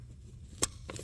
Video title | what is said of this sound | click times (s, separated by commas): Toyota Tacoma Blower Resistor and Connector Repair | You heard a click. | 0.6 s